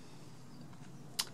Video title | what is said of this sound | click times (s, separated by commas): So how thick is a "6 mil poly"? | and go I don't know two clicks and then just pull it out | 1.2 s